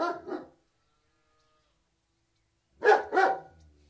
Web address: BBC. large alsatian barking with some birdsong dog interior microphone exterior